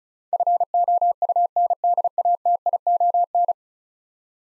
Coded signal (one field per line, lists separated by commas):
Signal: Morse code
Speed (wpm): 36 wpm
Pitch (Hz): 700 Hz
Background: none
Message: FOUNDATION